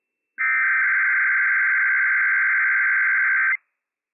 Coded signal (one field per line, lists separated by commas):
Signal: Emergency Alert System (SAME) tones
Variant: header bursts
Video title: Inland Northwest RWT - WWF56 - EAS #170 - 12:59 PM PDT 9/7/21